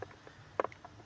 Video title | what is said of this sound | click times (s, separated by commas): стук и свист в бардачке Фольсваген поло седан.исправлено! | резиночки пук-пук каждую челкнул. Всё, он встал на место. | 0.0 s, 0.6 s